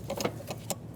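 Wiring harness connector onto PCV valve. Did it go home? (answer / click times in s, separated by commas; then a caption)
yes / 0.7 s. A plastic electrical harness connector is pressed onto the PCV valve of a 2006-2012 Ford Fusion 3.0L V6, with a few soft handling clicks around 0.1–0.3 s. It latches with a sharp click at 0.7 s, seated and confirmed. It is then tugged to make sure it is properly secured, since a loose connector can set a check engine light.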